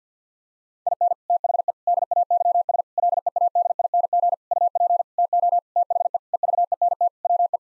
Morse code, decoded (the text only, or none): IN THE DAYS LEADING UP TO THE EVENT WE